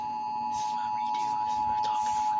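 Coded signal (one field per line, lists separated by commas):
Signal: Emergency Alert System (SAME) tones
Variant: 853 and 960 Hz attention tone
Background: speech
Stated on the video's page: Flash flood warning broadcast on a TV station.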